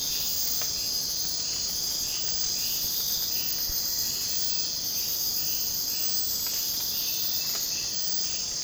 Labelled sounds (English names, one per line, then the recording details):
none
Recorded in secondary vegetation near Puerto Asís, Putumayo, Colombia, on 25 June 2025 at 04:30
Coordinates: 0.484, -76.319
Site G074